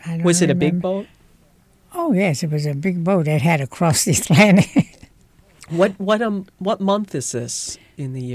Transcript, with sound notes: Was it a big boat?
Oh, yes, it was a big boat. It had to cross the Atlantic. ( she laughs )
What month is this in the year?